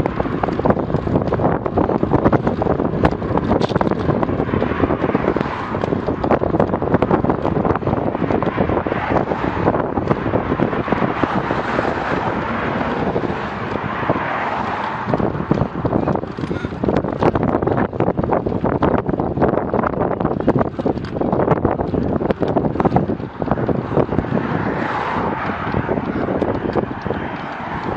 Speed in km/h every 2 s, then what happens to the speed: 26, 25, 24, 23, 23, 22, 22, 22, 21, 20, 18, 16, 14, 14.
0-28 slows to 14.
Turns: none.